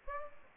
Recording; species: mosquito wingbeat signal from an infrared sensor; Aedes aegypti